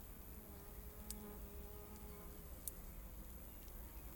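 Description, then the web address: Insect buzzing, a steady droning hum with faint wavering tonal lines, over soft low wind and two brief sharp clicks. Dry wheat field in rural countryside, insects sizzling, soft wind. "Systematic Sound - General Ambience Series - Rural Countryside 01 Field Wheat Dry Sizzle Insects Wind Soft"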